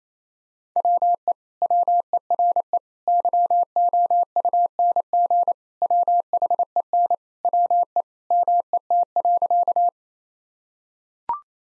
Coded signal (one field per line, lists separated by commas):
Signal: Morse code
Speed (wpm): 28 wpm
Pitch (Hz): 700 Hz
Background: none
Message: WE WERE YOUNG WHEN WE MET.